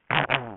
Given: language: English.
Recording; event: throat vibration sensor signal played as sound; throat clearing